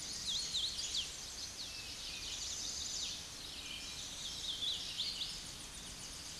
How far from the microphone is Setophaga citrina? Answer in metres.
about 70 m